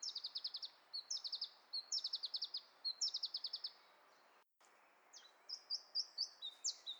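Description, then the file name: Iberian chiffchaff song: several bursts of fast, high, chipping trills, then a short gap and a series of slower high notes. "iberischer zilpzalp"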